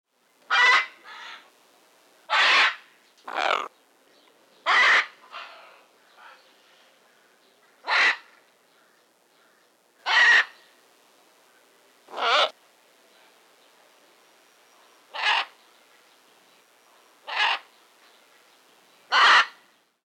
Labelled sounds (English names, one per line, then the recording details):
Scarlet Macaw
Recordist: Tembrock, Günter
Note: Rufe